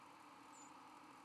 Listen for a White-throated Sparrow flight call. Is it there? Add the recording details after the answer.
yes. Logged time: 01:48 on 12 November 2014